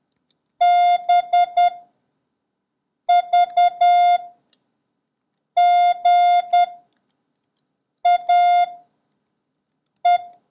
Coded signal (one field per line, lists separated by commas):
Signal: Morse code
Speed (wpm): 10 wpm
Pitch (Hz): 710 Hz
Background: none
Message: B V G A E